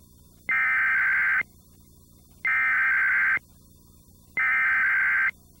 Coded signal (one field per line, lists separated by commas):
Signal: Emergency Alert System (SAME) tones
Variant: header bursts